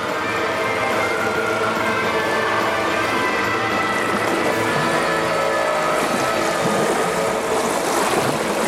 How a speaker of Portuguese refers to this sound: Barulho de chuva com som.